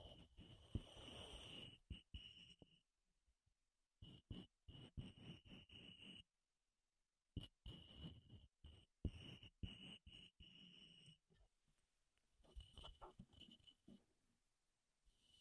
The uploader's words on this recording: ASMR Wood Triggers in Your Ears (No Talking).